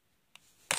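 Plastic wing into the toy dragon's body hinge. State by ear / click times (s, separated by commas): seated / 0.7 s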